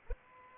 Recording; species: mosquito wingbeat signal from an infrared sensor; Culex pipiens